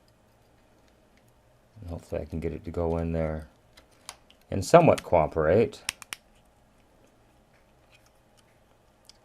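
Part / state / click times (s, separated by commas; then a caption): small metal-cased component into camcorder circuit board / seated / 6.0 s, 6.1 s. During a re-cap of the FU97 board in a Sony CCD-V701 8mm camcorder with a distorted picture, a small metal-cased component is pressed face down into its place on the circuit board while someone talks. Two sharp snaps ring out at 6.0 s and 6.1 s as it snaps into the board and seats.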